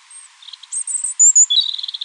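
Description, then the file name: European robin singing a varied phrase: a very high thin note, a run of shrill notes, then a rapid series of twittering notes. "Erithacus rubecula"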